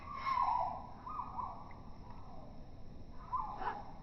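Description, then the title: Great tit begging calls: a few slow, drawn-out, wavering notes, quieter and more spaced out, with soft background hiss between them. Juvenile perched on a deck chair backrest, begging for food with trembling wings while offered soaked dried mealworms by hand; recording slowed down four times. "Junge Kohlmeise bettelt melodramatisch"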